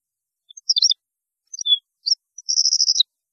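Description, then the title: European goldfinch song in short bursts: quick tinkling twitters, then a buzzy rattling trill near the end. "Chant Chardonneret"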